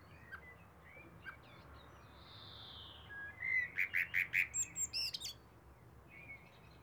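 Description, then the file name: Common blackbird calls as a quick run of several clipped notes. High squeaky notes and other faint bird chirps sit in the background. "Turdus merula"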